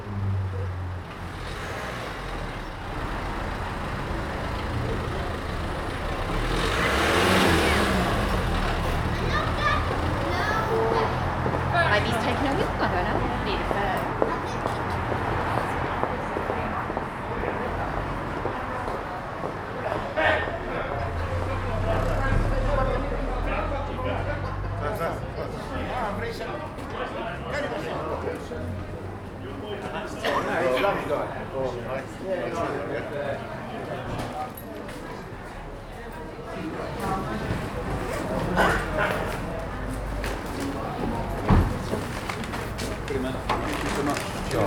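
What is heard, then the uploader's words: Traffic passes along a street on a Friday evening while people gather and chat outside a bar across the road. The crowd's voices form a dense, steady murmur, with vehicles rumbling low and swelling past around 7, 17 and 30 seconds. Street bar, part 3. Captured on a Friday evening on the street outside a small bar. Traffic is passing by as people are gathering in a bar opposite.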